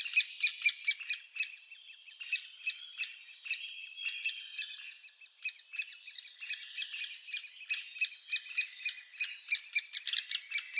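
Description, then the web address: Great spotted woodpecker nestlings giving a dense, uneven chorus of high, squeaky, overlapping calls that rise and fall in intensity throughout. "Schulze Peter Great Spotted Woodpecker nestlings"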